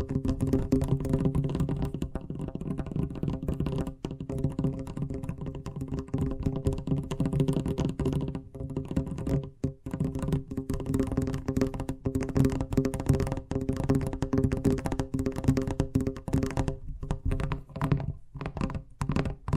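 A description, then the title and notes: Fast tapping runs through the whole twenty seconds as a dense, jittery stream of quick knocks with no clear pauses. The hits are mostly dull and low, with brighter clicky edges, and a steady low hum sits underneath throughout. ASMR Braingasm Inducing Fast Tapping (No Talking).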